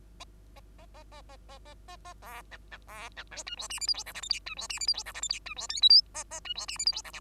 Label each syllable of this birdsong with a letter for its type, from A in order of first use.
A A A A A A A A A B C C B C D E F G H I J K L M N E F G H I J K L M N E F O P Q A A E F G H I J K L